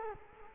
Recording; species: mosquito wingbeat signal from an infrared sensor; Culex quinquefasciatus